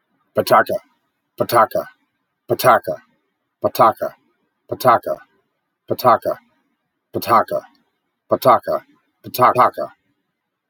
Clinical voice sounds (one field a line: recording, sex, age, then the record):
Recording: repeated syllables /pa ta ka/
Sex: male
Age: 50 to 59 years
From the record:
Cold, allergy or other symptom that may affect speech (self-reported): no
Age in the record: 58 years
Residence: Alaska, United States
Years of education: 16